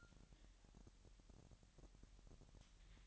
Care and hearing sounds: daily activity, microphone in the room; take from stove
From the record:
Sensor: 3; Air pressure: 1002.0 hPa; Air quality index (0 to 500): 249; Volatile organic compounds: 51 ppm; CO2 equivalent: 3309 ppm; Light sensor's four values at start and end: 6/15/6/6 and 6/15/6/6

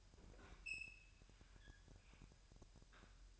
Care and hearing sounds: daily activity, microphone in the room; open fridge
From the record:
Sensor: 2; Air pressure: 1001.8 hPa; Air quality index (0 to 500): 248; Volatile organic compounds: 37 ppm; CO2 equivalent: 3096 ppm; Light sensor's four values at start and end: 8/28/11/10 and 8/28/11/10

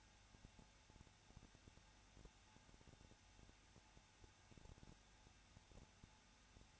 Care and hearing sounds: daily activity, microphone in the room; no activity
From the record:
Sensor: 2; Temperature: 21.0 degrees Celsius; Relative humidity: 34.3%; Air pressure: 994.4 hPa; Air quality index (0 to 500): 172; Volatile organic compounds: 3 ppm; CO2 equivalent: 1335 ppm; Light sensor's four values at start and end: 2/3/2/2 and 2/3/2/2

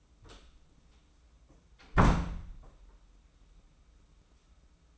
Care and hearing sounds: daily activity, microphone in the room; close door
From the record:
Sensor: 1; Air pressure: 994.4 hPa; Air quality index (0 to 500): 214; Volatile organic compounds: 1000 ppm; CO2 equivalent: 7704 ppm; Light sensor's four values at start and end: 81/179/81/87 and 83/184/83/89

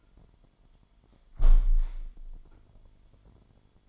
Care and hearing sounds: daily activity, microphone in the room; close window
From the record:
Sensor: 5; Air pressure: 998.7 hPa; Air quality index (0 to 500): 105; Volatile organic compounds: 2 ppm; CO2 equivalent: 1213 ppm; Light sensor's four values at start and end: 46/113/47/53 and 45/112/46/53

